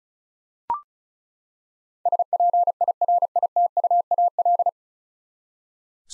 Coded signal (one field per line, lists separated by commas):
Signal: Morse code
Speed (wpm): 36 wpm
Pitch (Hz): 700 Hz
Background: none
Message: SPIRITUAL